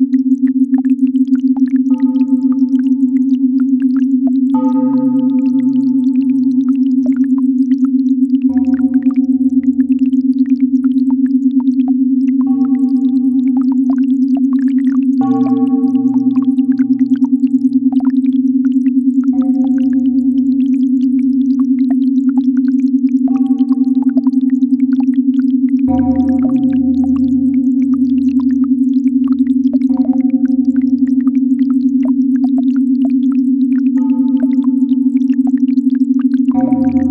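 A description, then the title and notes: A constant binaural beat: one pure, unbroken tone at a mid-low pitch holds at the same level throughout. Soft deep drone notes and brighter chime-like tones enter every few seconds beneath and above it, with fuller accents around 15 and 26 seconds. Constant 0.5 Hz Binaural Beat.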